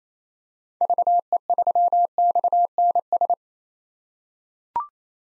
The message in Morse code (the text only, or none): VE3XNS